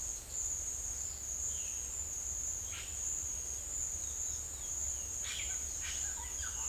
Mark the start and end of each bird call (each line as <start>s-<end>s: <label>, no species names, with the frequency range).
5.11s-6.62s: bird call (0.6-6.0 kHz)